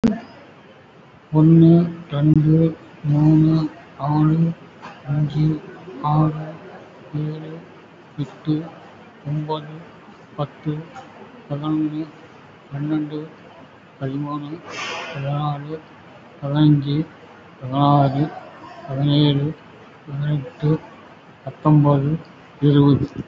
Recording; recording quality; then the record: counting at a normal pace; excellent, no background noise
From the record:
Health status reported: recovered from COVID-19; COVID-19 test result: positive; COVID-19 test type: RT-PCR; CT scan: taken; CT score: 0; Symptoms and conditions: cough, cold, breathing difficulty, muscle pain, chronic lung disease, pneumonia, diabetes, another condition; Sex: male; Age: 53 years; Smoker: yes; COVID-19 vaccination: none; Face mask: worn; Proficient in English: no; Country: India